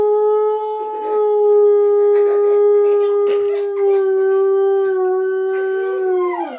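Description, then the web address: Dog giving one long, steady, drawn-out howl at an even pitch, sliding downward at the close, with brief rough noises breaking in along the way. "uivar de cao"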